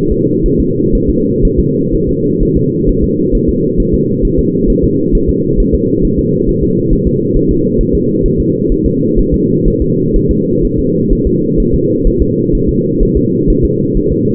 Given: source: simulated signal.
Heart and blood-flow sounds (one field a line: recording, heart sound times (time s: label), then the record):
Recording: fetal heart sounds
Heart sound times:
0.12 s: S2
0.46 s: S1
0.60 s: S2
0.95 s: S1
1.10 s: S2
1.45 s: S1
1.59 s: S2
1.95 s: S1
2.09 s: S2
2.43 s: S1
2.57 s: S2
2.89 s: S1
3.04 s: S2
3.35 s: S1
3.49 s: S2
3.80 s: S1
3.94 s: S2
4.25 s: S1
4.39 s: S2
4.70 s: S1
4.84 s: S2
5.15 s: S1
5.30 s: S2
5.60 s: S1
5.75 s: S2
6.05 s: S1
6.19 s: S2
6.49 s: S1
6.63 s: S2
6.93 s: S1
7.07 s: S2
7.37 s: S1
7.51 s: S2
7.81 s: S1
7.95 s: S2
8.26 s: S1
8.40 s: S2
8.72 s: S1
8.86 s: S2
9.19 s: S1
9.34 s: S2
9.68 s: S1
9.82 s: S2
10.16 s: S1
10.31 s: S2
10.65 s: S1
10.79 s: S2
11.12 s: S1
11.27 s: S2
11.60 s: S1
11.74 s: S2
12.07 s: S1
12.22 s: S2
12.55 s: S1
12.69 s: S2
13.03 s: S1
13.17 s: S2
13.50 s: S1
13.65 s: S2
13.97 s: S1
14.12 s: S2
From the record:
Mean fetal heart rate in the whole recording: 130 bpm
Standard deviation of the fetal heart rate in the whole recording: 4 bpm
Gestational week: 38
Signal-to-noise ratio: -11.2 dB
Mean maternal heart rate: 72 bpm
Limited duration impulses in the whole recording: present